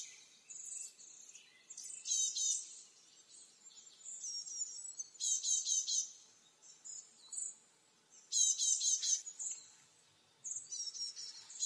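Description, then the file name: Great tit calling: bursts of sharp, high chattering notes repeated every few seconds. "Parus major"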